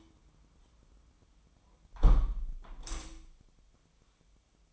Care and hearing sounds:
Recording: daily activity, microphone in the room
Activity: close window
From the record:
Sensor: 1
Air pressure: 1006.5 hPa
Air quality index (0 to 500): 208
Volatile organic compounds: 24 ppm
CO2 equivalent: 2802 ppm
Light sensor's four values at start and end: 12/31/12/14 and 11/30/11/13

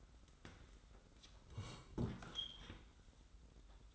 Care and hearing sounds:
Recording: daily activity, microphone in the room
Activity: sit down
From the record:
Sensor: 3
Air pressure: 990.4 hPa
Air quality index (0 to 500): 170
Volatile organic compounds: 1000 ppm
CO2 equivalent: 5504 ppm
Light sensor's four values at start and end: 44/104/43/41 and 45/104/43/41

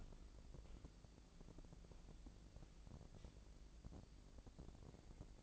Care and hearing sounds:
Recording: daily activity, microphone in the room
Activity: walk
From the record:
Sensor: 5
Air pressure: 1012.3 hPa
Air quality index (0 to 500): 164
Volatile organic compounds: 2 ppm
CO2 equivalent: 1125 ppm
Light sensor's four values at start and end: 337/817/347/388 and 339/823/350/390

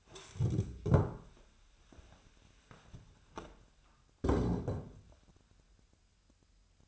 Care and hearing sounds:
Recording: daily activity, microphone in the room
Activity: stand up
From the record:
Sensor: 2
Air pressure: 1015.1 hPa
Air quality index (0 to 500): 166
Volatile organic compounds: 9 ppm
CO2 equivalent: 2152 ppm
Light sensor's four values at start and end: 12/31/12/14 and 9/22/9/10

